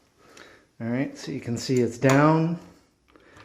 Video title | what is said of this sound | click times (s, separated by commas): 06 27 | and just wait till it locks into place. | 0.4 s